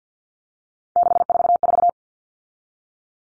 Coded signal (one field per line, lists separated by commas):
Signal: Morse code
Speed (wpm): 50 wpm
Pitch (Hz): 700 Hz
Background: none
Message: 644